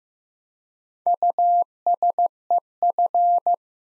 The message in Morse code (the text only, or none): USEF